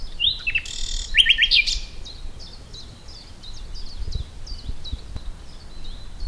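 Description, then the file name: Common nightingale song: loud rapid buzzy and rattled notes at first, followed by a long series of soft sharp chipping notes repeated about three per second. "Luscinia megarhynchos"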